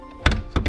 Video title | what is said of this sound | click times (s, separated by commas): REMOVING REAR SEATS ON MY F87 M2- BIG WEIGHT SAVINGS!!! | these you'll hear audible click you can maybe even see like the seat kind of jolting forward a little bit but there | 0.3 s